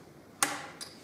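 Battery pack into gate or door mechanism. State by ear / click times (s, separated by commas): seated / 0.4 s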